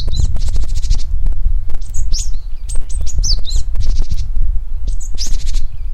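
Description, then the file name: Japanese Tit giving high, sharp chirps and brief twittering notes in short bursts, over a heavy low rumbling noise throughout. "sijyukara"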